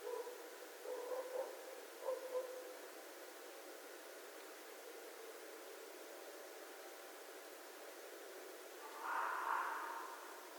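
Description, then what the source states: Red fox with a few faint squeaky notes early on, then quiet, then one short, harsh, raspy scream near the end. Recorded on 13 January 2012.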